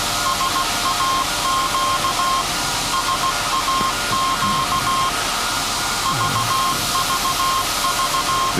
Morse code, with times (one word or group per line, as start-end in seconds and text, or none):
0.3-2.4 SAQ
2.9-5.1 SAQ
6.1-8.5 VVV